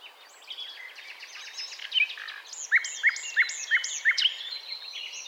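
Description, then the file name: Common nightingale singing varied chattering notes, then a series of about six loud, evenly spaced, sharp rising notes. "Luscinia megarhynchos"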